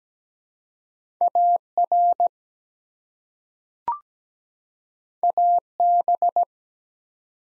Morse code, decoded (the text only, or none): AR AB